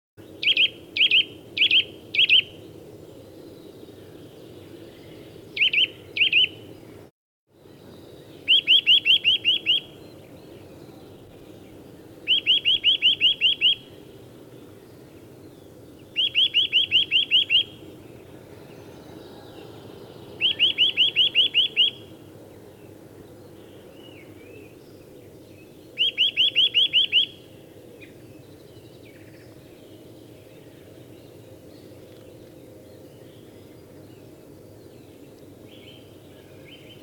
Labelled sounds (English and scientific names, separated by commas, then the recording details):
Eurasian Nuthatch (Sitta europaea)
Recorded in the wild
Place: Gingst, Insel Rügen, Mecklenburg-Vorpommern, DE
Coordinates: 54.456, 13.311
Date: 1978-04-19
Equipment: Nagra III BH, Sennheiser MD 21, parabola
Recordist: Schubert, Michael
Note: Rufe Kleiber